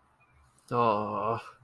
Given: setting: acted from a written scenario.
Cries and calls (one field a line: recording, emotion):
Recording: vocal sound without words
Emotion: guilt